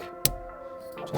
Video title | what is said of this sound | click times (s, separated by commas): DIY: The All-New BM3 Flex Fuel Kit by ProTuning Freaks - F80 M3 Install | this connection here slide it on again until you hear an audible click just | 0.2 s